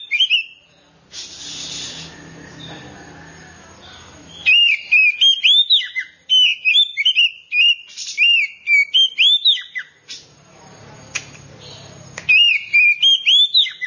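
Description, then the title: Oriental magpie-robin song: loud whistled, slurred notes in quick bursts, broken by stretches of hissing noise. "Kacer"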